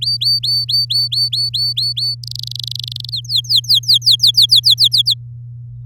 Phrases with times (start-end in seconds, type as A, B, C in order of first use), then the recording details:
0.01-2.15 A, 2.23-3.10 B, 3.12-5.14 C. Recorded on 7 May 2018 at 09:55. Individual llb16